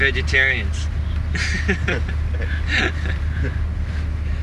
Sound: laughs

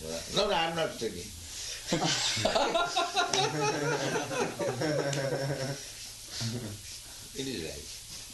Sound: laughter

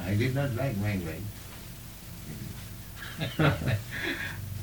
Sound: laughs

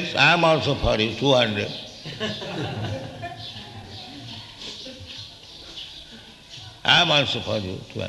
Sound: laughter

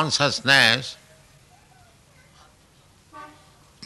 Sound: pause; sound of child in background

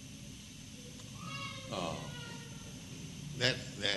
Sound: child crying

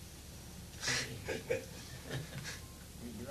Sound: devotees laugh

